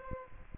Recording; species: mosquito wingbeat signal from an infrared sensor; Aedes aegypti